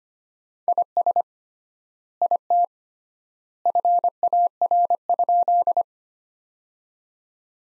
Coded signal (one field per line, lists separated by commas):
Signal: Morse code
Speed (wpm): 25 wpm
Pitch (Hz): 700 Hz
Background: none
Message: IS IT FAR?